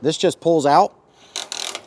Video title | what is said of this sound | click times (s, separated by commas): 2021 Lance 1995 - Technician Tour | and it's on a ratcheting system so when you hear the clicks you can let go and it'll stay in place | 1.4 s, 1.5 s, 1.6 s, 1.7 s, 1.8 s